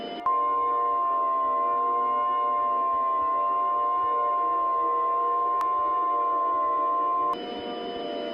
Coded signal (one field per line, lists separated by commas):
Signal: Emergency Alert System (SAME) tones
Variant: 1050 Hz attention tone